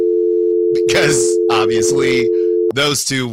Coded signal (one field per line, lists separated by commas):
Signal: telephone call progress tone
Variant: North America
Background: speech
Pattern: dial tone